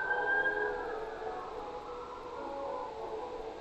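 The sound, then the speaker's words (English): Emergency vehicle sirens wail in a steady, continuous blare, several high tones overlapping and slowly shifting in pitch, holding at a moderate level throughout with no talking. “Listen to those sirens.”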